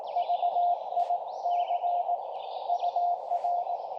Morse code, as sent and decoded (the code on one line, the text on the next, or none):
...- .. -.-. / ..- .-.
VIC UR